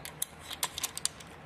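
A plastic toy missile is pushed into a toy rocket pod, producing a series of small, sharp plastic ticks and scrapes. It clicks into place and seats at 1.0 s, the loudest and sharpest snap of the clip.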